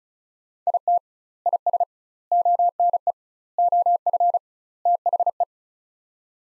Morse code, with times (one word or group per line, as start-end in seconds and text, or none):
0.7-1.0 IT
1.5-1.8 IS
2.3-3.1 ONE
3.6-4.4 OF
4.9-5.4 THE